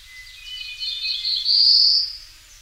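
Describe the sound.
Black-throated blue warbler song: a buzzy phrase climbing in pitch, ending in a louder, drawn-out buzzy note.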